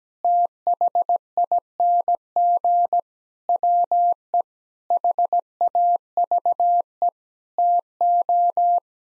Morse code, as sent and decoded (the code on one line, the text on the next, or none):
- .... .. -. --. / .-- . / .... .- ...- . / - ---
THING WE HAVE TO